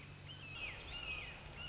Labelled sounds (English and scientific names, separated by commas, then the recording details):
Red-shouldered Hawk (Buteo lineatus)
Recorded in Sonoma County, California